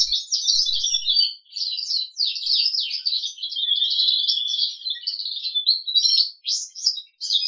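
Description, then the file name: Crested canary song: a continuous, fast warbling stream of rolling trills and chirps, with a few brief pauses and a faint low thump at the start. "kenari jambul"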